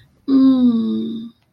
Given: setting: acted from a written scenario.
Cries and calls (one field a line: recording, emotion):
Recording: vocal sound without words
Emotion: serenity